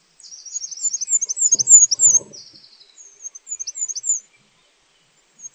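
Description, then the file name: Goldcrest giving high, thin, rapidly repeated notes in a sibilant phrase, followed by softer high calls; a brief low rustle underneath. "roitelet Huppé"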